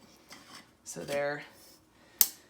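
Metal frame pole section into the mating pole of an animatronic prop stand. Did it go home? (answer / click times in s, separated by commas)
yes / 2.2 s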